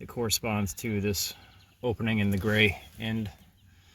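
During reinstallation on a 2008 Ram driver seat, someone handles a plastic wiring connector, which only fits one way, so its little plastic retainer lines up with the opening in the gray end of the seat motor, while someone talks throughout. The connector has not clicked into place or seated yet.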